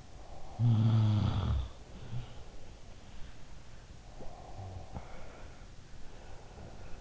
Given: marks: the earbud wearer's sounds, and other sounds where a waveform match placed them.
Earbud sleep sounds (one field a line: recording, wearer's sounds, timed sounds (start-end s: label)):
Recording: sounds in sleep by an in-ear microphone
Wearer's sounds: breath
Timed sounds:
0.00-2.86 s: breath
0.52-2.63 s: sound from someone else or the room
3.09-7.01 s: sound from someone else or the room
4.00-7.01 s: breath